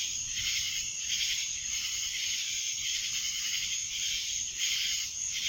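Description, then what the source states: Many cicadas buzzing together in a loud, high, sizzling drone with gentle pulsing surges. Cicadas recorded in Annapolis in July 2012.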